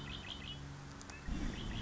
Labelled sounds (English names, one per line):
Red-winged Blackbird